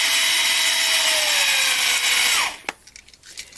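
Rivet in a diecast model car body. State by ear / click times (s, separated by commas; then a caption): released / 2.7 s. A DeWalt 36-volt cordless drill with a 3/16-inch bit bores out the rivet holding the metal body of a 1/64-scale 2015 Chevrolet SS NASCAR diecast car to its plastic chassis, its steady high whine sagging slightly in pitch before cutting off at about 2.5 seconds. A sharp pop at 2.7 seconds marks the rivet breaking loose, followed by a few faint small clicks and rattles.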